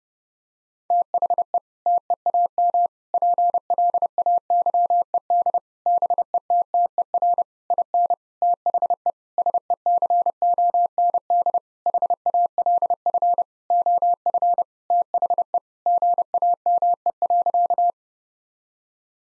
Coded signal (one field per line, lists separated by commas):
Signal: Morse code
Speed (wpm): 30 wpm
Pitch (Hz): 700 Hz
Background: none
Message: THE TEAM PLAYED BETTER IN THE SECOND HALF OF THE GAME.